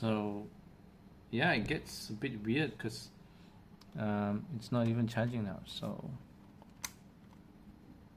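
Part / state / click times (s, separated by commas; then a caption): game controller into charging stand connector / seated / 6.8 s. Someone talks about a Sony PlayStation 5 DualSense controller that is not charging, then puts it back onto the connector of its charging station. A sharp click at 6.9 s marks the controller seating on the dock.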